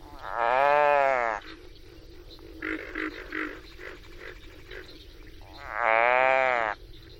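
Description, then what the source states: Pig frog distress call: two long, harsh, harmonic groaning cries about five seconds apart, with softer sounds between them. Distress call given when the frog is captured, without being hurt or squeezed; sounds like gagging; Okefenokee swamp.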